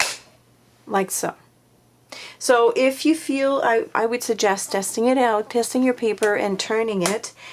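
The magnetized knob piece of a Martha Stewart circle edge punch is set onto its matching magnets so both pairs catch, giving a single sharp snap at 0.0 s as it seats. Someone then talks for the rest of the clip.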